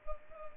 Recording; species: mosquito wingbeat signal from an infrared sensor; Culex pipiens